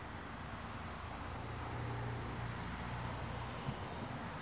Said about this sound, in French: Camion ça, enfin, un petit camion.